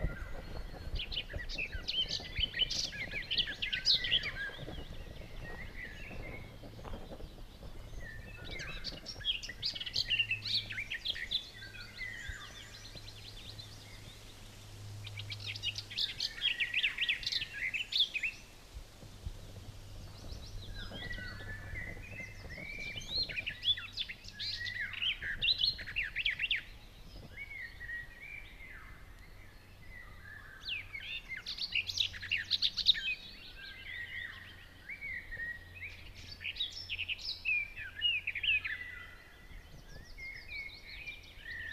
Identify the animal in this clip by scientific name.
Sylvia nisoria